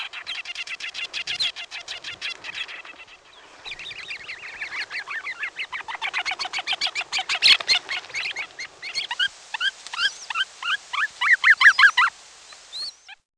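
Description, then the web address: Bird calling with a long series of rapid chattering notes, shifting later into clearer rising and falling squeaky whistles. "Peterson North American Birds. sand"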